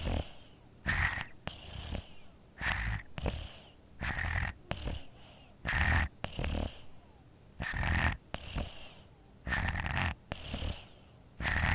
Baby infant sleeps snores with a cold congested.